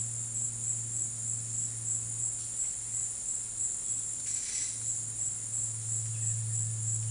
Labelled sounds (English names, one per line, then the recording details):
none
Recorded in dense forest near Puerto Asís, Putumayo, Colombia, on 20 February 2024 at 14:00
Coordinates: 0.485, -76.318
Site G6408